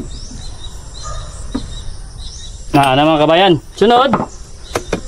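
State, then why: Seated. A steel fitting is pressed into its mount while someone talks over a steady background hiss. Two quick, sharp clicks follow at 4.8 and 4.9 seconds, and the fitting is seated and locked in place.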